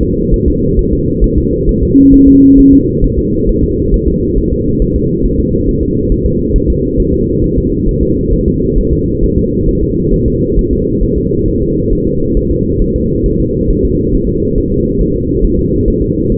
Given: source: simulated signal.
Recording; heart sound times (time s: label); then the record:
fetal heart sounds
0.03 s: S2
0.34 s: S1
0.48 s: S2
0.79 s: S1
0.93 s: S2
1.24 s: S1
1.38 s: S2
1.69 s: S1
1.83 s: S2
2.14 s: S1
2.28 s: S2
2.59 s: S1
2.73 s: S2
3.04 s: S1
3.19 s: S2
3.49 s: S1
3.63 s: S2
3.94 s: S1
4.08 s: S2
4.38 s: S1
4.53 s: S2
4.82 s: S1
4.96 s: S2
5.25 s: S1
5.40 s: S2
5.69 s: S1
5.83 s: S2
6.12 s: S1
6.26 s: S2
6.56 s: S1
6.70 s: S2
7.00 s: S1
7.14 s: S2
7.44 s: S1
7.58 s: S2
7.89 s: S1
8.03 s: S2
8.34 s: S1
8.48 s: S2
8.78 s: S1
8.93 s: S2
9.24 s: S1
9.38 s: S2
9.69 s: S1
9.83 s: S2
10.14 s: S1
10.28 s: S2
10.59 s: S1
10.73 s: S2
11.04 s: S1
11.18 s: S2
11.48 s: S1
11.62 s: S2
11.93 s: S1
12.07 s: S2
12.37 s: S1
12.51 s: S2
12.82 s: S1
12.96 s: S2
13.26 s: S1
13.40 s: S2
13.71 s: S1
13.85 s: S2
14.15 s: S1
14.29 s: S2
14.58 s: S1
14.72 s: S2
15.01 s: S1
15.16 s: S2
15.44 s: S1
15.59 s: S2
15.88 s: S1
16.02 s: S2
16.32 s: S1
From the record:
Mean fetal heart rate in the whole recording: 135 bpm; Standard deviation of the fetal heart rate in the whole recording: 3 bpm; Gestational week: 36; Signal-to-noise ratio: -10.2 dB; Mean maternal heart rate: 72 bpm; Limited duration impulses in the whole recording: present